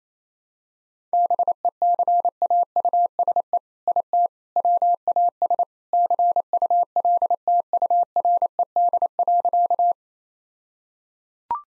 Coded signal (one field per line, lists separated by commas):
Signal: Morse code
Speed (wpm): 28 wpm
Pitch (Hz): 700 Hz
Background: none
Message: BECAUSE IT WAS CULTURED.